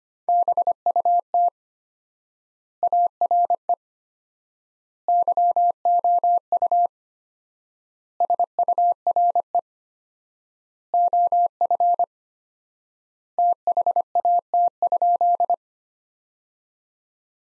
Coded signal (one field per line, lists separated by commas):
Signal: Morse code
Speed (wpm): 25 wpm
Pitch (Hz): 700 Hz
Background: none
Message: BUT ARE YOU SURE OF THAT?